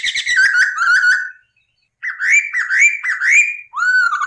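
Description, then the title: Masked laughingthrush song: rich whistled notes with strong overtones, a slurred phrase, a short pause, then a run of rising whistles ending on a lower note. Cage-bird training recording of a bird singing persistently (gacor). "SUARA BURUNG POKSAY HONGKONG GACOR"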